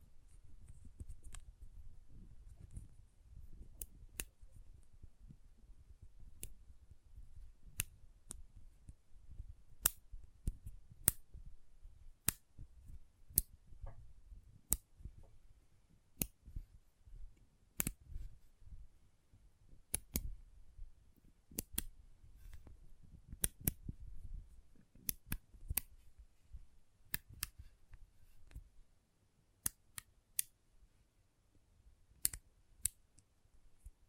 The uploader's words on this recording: ASMR Intense Magnetic Tingles (No Talking).